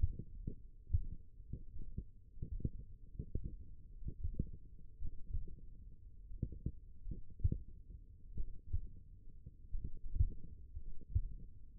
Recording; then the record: forearm muscle sounds (acoustic myography)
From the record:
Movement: finger pinch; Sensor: system 1, eight BSWA MPA416 microphones around the upper forearm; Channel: 7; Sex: male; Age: 23 years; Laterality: right